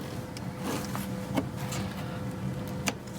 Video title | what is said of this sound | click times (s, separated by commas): Transmission Oil and Filter Change 1994 Mercedes C280 W202 722.4 | Okay. There. Now that's locked into place. | 2.9 s